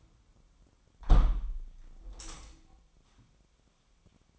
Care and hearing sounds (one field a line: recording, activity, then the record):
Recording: daily activity, microphone in the room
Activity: close window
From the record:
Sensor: 1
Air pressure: 1006.5 hPa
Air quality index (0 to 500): 208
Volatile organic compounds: 24 ppm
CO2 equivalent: 2806 ppm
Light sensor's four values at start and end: 12/31/12/14 and 12/31/12/13